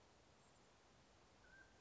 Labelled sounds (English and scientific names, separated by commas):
Mountain Quail (Oreortyx pictus)